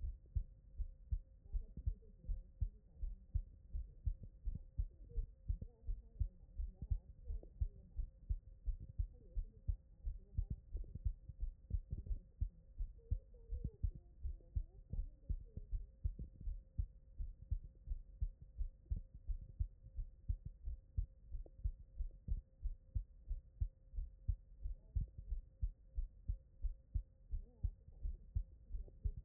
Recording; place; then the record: heart sounds by stethoscope; tricuspid valve (TV)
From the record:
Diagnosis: non-HFrEF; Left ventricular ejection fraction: 59%